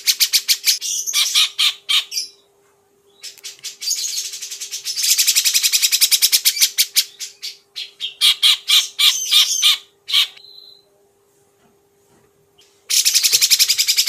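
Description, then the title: Grey-cheeked bulbul giving harsh, buzzy rattling chatter, rapid scratchy notes in bursts of several seconds, separated by short silences, with a faint steady hum beneath. Tutor song for training songbirds. "Cucak Jenggot Masteran Durasi Panjang"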